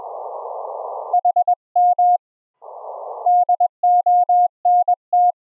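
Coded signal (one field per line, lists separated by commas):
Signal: Morse code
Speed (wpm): 21 wpm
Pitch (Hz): 710 Hz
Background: none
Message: HM DONT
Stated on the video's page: Live HF QSO audio from the rig streamed over a wired LAN as TCP Opus audio through a Raspberry Pi to a remote laptop.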